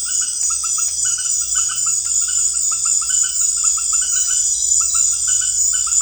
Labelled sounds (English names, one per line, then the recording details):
none
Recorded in pastures near Puerto Asís, Putumayo, Colombia, on 27 June 2025 at 18:30
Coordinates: 0.502, -76.324
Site G010